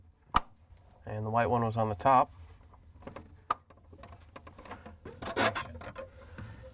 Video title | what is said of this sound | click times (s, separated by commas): How To: LG/Kenmore Ice Maker Cooling Fan Assembly 5209JA1044A | want to make sure you plug them in so you hear them snap and get a good connection | 0.4 s